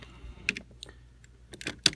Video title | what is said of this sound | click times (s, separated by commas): Soul of Chogokin GX-40 GODMARS | Just push it in until they click. | 0.5 s, 1.9 s